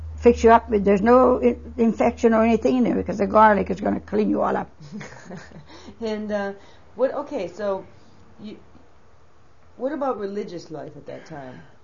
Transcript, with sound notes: to fix you up, there's no infection or anything in there. The garlic is going to clean you all up.
(She laughs) And ah, okay, so what about religious life at that time?